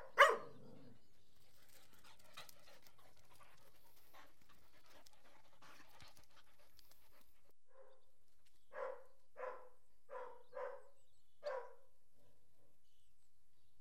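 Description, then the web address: Dog panting: a sharp burst at the start and faint breathy rustles, then five short breathy huffs near the end. "The BBC Sound Effects Library. Horses # 2 and Dogs"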